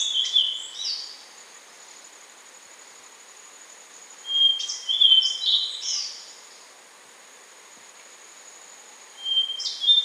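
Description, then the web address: Rufous-brown solitaire repeating its phrase of flute-like held whistles and squeaky slurred notes about every four to five seconds, with steady insect buzzing throughout. Recorded in Ecuador. "Birds of Ecuador. Rufous-brown Solitaire"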